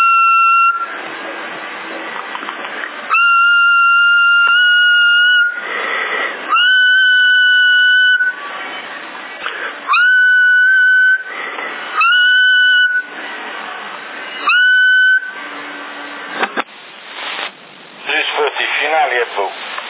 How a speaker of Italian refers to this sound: Fischiando così.